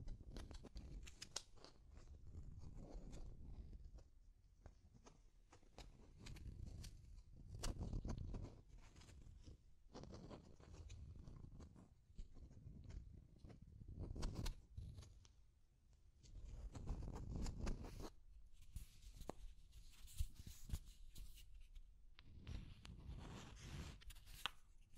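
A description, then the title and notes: Deep scratching runs in uneven bursts throughout, a rough, low, rasping texture with sharp crackles reaching up into the highs. Strokes come in clusters every second or so, with brief quieter gaps near 4, 11 and 17 seconds. Deep Scratching. (No Talking).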